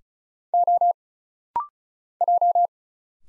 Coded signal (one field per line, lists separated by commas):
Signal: Morse code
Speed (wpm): 36 wpm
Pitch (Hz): 700 Hz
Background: none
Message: O J